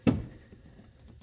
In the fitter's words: then turn it until it locks into place, which is right there.